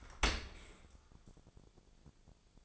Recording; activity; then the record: daily activity, microphone in the room; open dishwasher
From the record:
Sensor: 5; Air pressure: 1000.6 hPa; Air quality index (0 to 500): 148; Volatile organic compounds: 2 ppm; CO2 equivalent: 1140 ppm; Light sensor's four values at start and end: 41/93/40/43 and 41/93/40/43